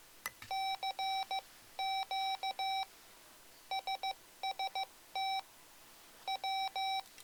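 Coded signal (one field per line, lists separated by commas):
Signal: Morse code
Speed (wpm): 15 wpm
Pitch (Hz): 770 Hz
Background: none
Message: CQ SST W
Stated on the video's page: Morse sent from soft macros recorded and stored in EEPROM on the Mr. Rags macro keyer.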